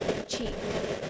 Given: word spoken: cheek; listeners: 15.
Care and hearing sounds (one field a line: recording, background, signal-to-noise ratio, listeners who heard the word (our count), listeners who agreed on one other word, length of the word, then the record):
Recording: one English word in noise, from a listening test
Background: noise modulated by three-talker babble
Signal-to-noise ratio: -4.6 dB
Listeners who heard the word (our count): 1 of 15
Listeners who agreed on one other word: 11 of 15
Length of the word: 0.70 s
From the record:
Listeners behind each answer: 11, 3, 1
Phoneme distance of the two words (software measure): 10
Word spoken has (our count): 1 syllable, 3 phonemes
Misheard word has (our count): 1 syllable, 3 phonemes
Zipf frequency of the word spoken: 3.93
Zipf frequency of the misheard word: 4.65